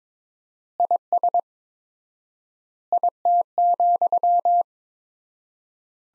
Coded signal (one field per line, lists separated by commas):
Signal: Morse code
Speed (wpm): 22 wpm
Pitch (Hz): 700 Hz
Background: none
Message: IS IT,